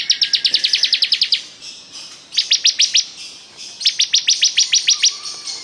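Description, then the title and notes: Bar-winged prinia song: three bursts of quick, high, sharply repeated notes with short quiet gaps. Ciblek described as gacor (singing constantly and vigorously). "Ciblek Durasi Panjang 2. Suara Burung Ciblek Gacor"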